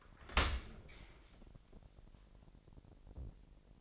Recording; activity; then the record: daily activity, microphone in the room; open dishwasher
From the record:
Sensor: 5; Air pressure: 1000.6 hPa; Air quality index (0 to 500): 248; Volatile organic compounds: 34 ppm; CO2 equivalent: 3047 ppm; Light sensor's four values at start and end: 31/71/28/26 and 32/73/29/27